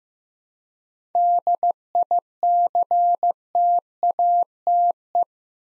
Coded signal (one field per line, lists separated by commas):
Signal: Morse code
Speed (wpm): 15 wpm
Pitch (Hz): 700 Hz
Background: none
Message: DICTATE